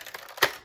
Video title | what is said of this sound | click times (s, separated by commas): [Review] Longshot CS-6 | you can see in one notch then the other ones here so you just bend it down you can see that Mouse clicks right in | 0.4 s